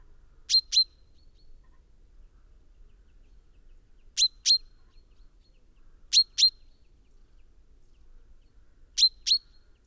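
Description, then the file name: Common chaffinch repeating paired call notes, each pair short, sharp and high, coming every few seconds over a quiet background. "Fringilla coelebs"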